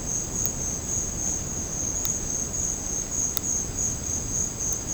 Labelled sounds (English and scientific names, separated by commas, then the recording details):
none
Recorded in secondary vegetation near Puerto Asís, Putumayo, Colombia, on 9 March 2025 at 14:30
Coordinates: 0.481, -76.318
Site G097